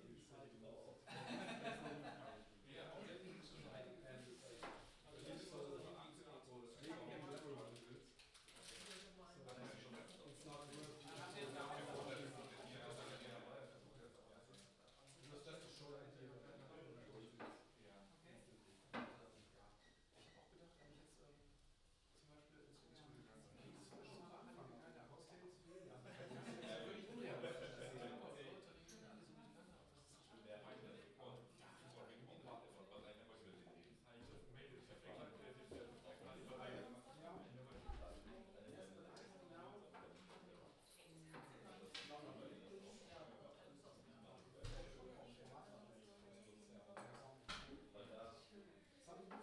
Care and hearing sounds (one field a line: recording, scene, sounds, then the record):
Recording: everyday scene through a hearing-aid microphone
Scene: many people talking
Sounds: many voices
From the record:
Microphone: in the ear canal, left